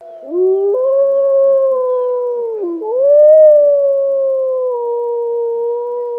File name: seriy volk